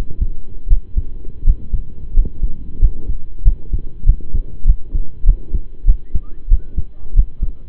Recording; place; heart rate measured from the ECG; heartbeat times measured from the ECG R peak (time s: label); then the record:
heart sounds by stethoscope; between the tricuspid and mitral areas; 93 bpm
0.67 s: heartbeat
1.43 s: heartbeat
2.12 s: heartbeat
2.78 s: heartbeat
3.42 s: heartbeat
4.04 s: heartbeat
4.64 s: heartbeat
5.24 s: heartbeat
5.85 s: heartbeat
6.48 s: heartbeat
7.13 s: heartbeat
From the record:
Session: rest, lying down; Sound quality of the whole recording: partially saturated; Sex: male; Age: 25 years